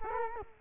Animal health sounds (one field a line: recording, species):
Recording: mosquito wingbeat signal from an infrared sensor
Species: Culex quinquefasciatus